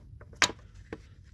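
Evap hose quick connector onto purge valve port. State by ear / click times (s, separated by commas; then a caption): seated / 0.4 s. During a purge valve replacement on a 2017 BMW X1 28i, the plastic quick-connect fitting of an evap fuel vapor line is pushed up onto the purge valve port. A sharp, bright click at 0.4 s marks the connector latching and seating, with fainter ticks around 0.2 s and 0.9 s.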